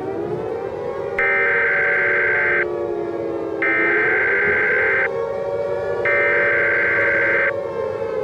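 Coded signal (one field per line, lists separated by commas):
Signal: Emergency Alert System (SAME) tones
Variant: header bursts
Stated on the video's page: Fictional EAS scenario about a nuclear weapons launch, not a real alert.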